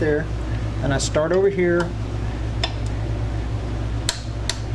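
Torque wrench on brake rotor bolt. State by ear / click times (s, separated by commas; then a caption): torque reached / 4.1 s, 4.5 s. A torque wrench tightens another front brake rotor bolt on a Yamaha V-Star 1100 Custom to 17 ft-lb while someone talks over a steady low hum. The wrench gives a pair of sharp clicks at 4.1 and 4.5 seconds, confirming the bolt has reached the torque setting.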